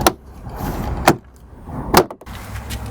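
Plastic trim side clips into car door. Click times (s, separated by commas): 0.1 s, 1.1 s, 2.0 s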